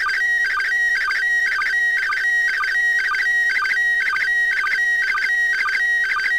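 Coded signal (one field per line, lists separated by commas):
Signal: SSTV (slow-scan television)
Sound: rhythmic warbling whistle alternating with a steady high tone, repeating twice a second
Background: faint steady background tones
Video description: Using Android app Robot36 and a Baofeng UV-5R to decode Slow Scan TV images from the Internation Space Station commemorating Cosmonaut day!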